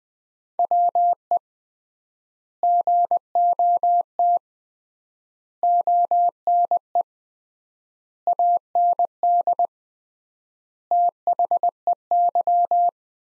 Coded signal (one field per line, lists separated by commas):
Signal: Morse code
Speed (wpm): 20 wpm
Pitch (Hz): 700 Hz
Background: none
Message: WE GOT ONE AND THEY